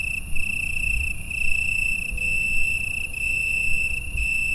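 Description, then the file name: Crickets chirping, a steady high ringing trill held without pause, with a low rumbling background. Several crickets, Italy, 6 September 2016, 9 pm, a chorus. "Grillons Italie 2016-09-06 21 h concerto"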